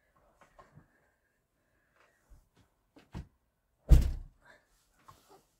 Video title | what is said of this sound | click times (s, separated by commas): How to use a Button covering tool, DIY hair ties using button covering tool, Button covering tool | there we go that's better heard the click this time did | 5.1 s